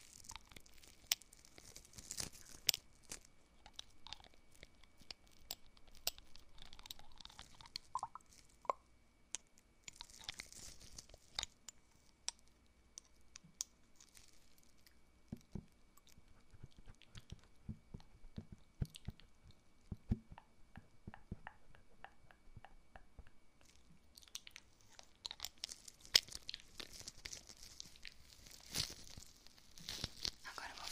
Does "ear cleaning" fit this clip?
yes